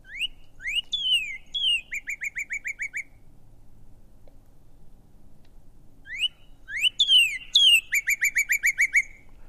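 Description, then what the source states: Northern Cardinal song, two phrases of loud slurred whistles, each followed by a quick series of several short repeated notes, with a pause between phrases. Resident through winter, seen against snow, visits feeders for safflower or sunflower seeds; paired males and females usually stay together.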